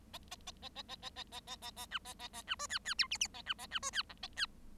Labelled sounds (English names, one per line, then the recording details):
Bengalese Finch song
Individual Bird7